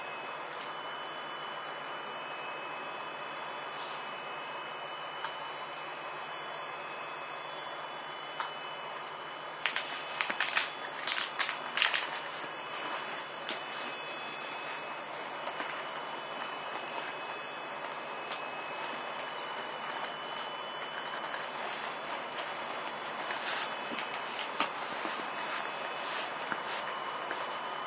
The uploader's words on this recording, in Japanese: 都営10-300形(3次車) 新線新宿〜高尾山口。車体JR東日本の常磐緩行線用E233系2000番台をベースに製作した。